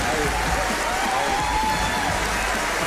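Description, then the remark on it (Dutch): A steady, dense wash of audience applause as guests are welcomed at the start of College Tour fills the whole clip at an even loudness, with a voice faintly audible beneath the clapping. “Ja, het applaus overstemt het bijna, maar het was in ieder geval duidelijk, hè”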